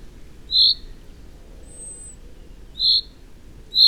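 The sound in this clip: Common chaffinch giving short, high single call notes, three clear notes spaced unevenly over a few seconds, with a faint thin whistle between them.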